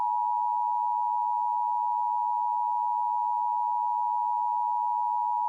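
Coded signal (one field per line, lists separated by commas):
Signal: Emergency Alert System (SAME) tones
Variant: 853 and 960 Hz attention tone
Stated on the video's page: Simulated EAS tones in a fictional hurricane scenario remaking an earlier scenario loosely based on Resident Evil 7.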